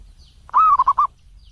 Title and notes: Kupulan Burung Perkutut Pm3. burung perkutut yang bisa digunakan untuk memaster